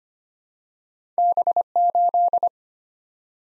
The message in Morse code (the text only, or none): B8